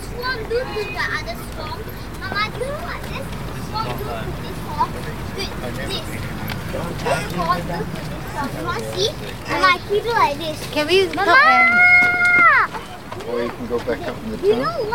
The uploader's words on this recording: Exeter. Stroll from the Farmers' Market, through the Cathedral and down to the Quay.